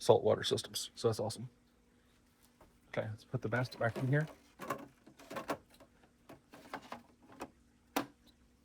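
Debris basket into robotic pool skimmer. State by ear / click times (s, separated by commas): seated / 8.0 s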